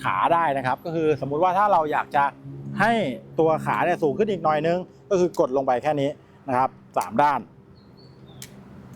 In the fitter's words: ให้มีเสียงดังแก๊กแล้วก็ตั้งเพราะฉะนั้นเนี่ยตัวองศาขาเนี่ยก็จะมีการปรับได้อีก1องศานะครับ